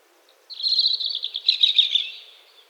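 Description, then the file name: European robin song: a single rapid warbling, slightly buzzy phrase held at one high pitch for about two seconds, fading at the end. "Erithacus rubecula"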